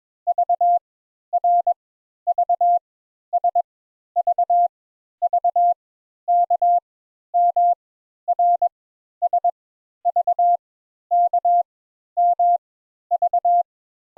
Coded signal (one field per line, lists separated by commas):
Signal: Morse code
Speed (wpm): 22 wpm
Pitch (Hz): 700 Hz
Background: none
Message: V R V S V V K M R S V K M V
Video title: Morse Code Introductory Lesson 3 Letters U and V